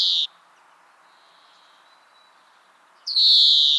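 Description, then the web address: European greenfinch making harsh buzzy wheezing notes, one clipped at the start and a longer one near the end, with quiet between. "pub SETE data Chloris chloris"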